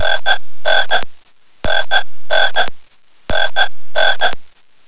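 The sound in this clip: Frog croaking in loud, harsh bursts of two double croaks, each group followed by a short pause, the pattern repeating about every one and two-thirds seconds.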